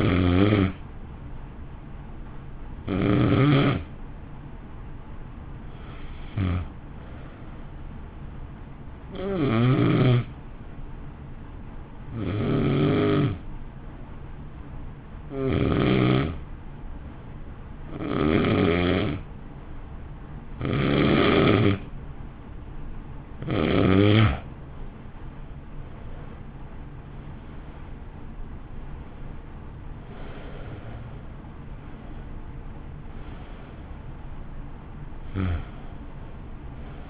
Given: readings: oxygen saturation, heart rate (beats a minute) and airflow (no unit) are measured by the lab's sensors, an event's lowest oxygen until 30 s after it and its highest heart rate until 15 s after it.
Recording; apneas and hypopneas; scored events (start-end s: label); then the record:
breathing in sleep by a smartphone at the bedside; 1
4.00-23.40 s: hypopnea (N2, oxygen 94% highest, then 87% lowest, heart rate 56 at the start, 61 highest)
From the record:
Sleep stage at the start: N2 (light sleep); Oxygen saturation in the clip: 87 to 94%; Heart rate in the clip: 53 to 61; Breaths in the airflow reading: 14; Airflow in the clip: -0.9 to 1.2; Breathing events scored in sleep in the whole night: 328 in 6.3 hours asleep